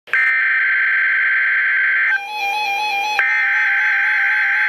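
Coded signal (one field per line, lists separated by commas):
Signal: Emergency Alert System (SAME) tones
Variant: header bursts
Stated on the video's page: Required Weekly Test received from a NOAA Weather Radio station in Milwaukee, Wisconsin.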